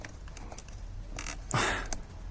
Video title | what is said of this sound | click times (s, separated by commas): How to Replace an Air and Pollen Filter - mk3/6n Polo | so one its bit stiff and two you heard that little click there so that's | 1.5 s